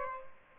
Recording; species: mosquito wingbeat signal from an infrared sensor; Aedes aegypti